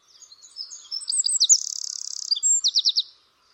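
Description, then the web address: Bird song with high chirps leading into a buzzy trill, followed by four quick repeated notes. "cianscape birddata Deverinetal 2025"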